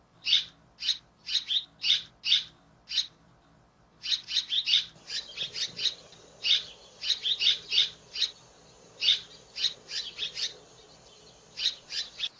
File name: Canto da andorinha daurica